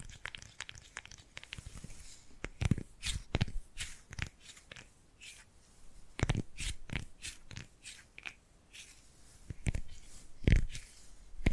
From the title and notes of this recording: ASMR Tapping and Gripping Sounds for Sleep(No Talking).